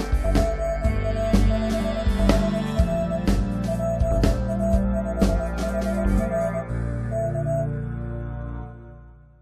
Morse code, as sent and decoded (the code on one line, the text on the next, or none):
.--. .- ..... .... .-. / .--. .- ..... .... .-. / -.-
PA5HR PA5HR K